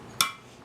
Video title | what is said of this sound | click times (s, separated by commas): Cherry jewelry box with secret latch and hidden compartments | be done oh I don't know if you heard that click or not that click was actually the brass seating in place when | 0.2 s